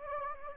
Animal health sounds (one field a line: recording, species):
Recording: mosquito wingbeat signal from an infrared sensor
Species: Anopheles gambiae